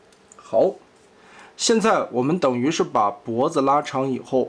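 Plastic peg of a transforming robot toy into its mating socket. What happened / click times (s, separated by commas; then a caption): The plastic peg snapped into its socket / 0.3 s. A plastic peg on a transforming Bumblebee robot toy is plugged into its mating socket, giving a sharp, short click at 0.3 s as it seats. Someone then talks for the rest of the clip.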